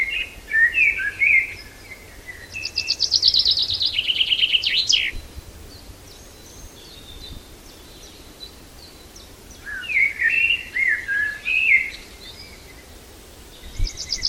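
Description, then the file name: Common chaffinch song: a full rattling phrase ending in a flourish, with softer chirping notes before and after. "Fringilla coelebs"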